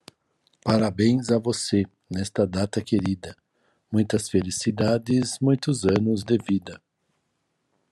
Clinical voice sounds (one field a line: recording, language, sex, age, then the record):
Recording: short text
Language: Brazilian Portuguese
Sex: male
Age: 50 to 59 years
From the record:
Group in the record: control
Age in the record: 56 years